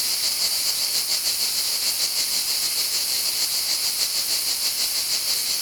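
Cicada droning with an intense high hiss, gently wavering in quick beats, nothing else audible.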